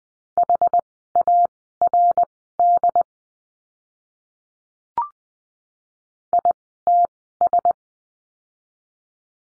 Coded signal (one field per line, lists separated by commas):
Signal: Morse code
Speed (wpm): 20 wpm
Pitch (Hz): 700 Hz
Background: none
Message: HARD ITS